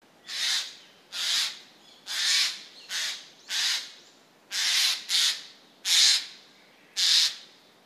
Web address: izumino saunndo kakesu